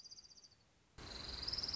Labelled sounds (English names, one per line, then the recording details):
Orange-crowned Warbler
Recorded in Sonoma County, California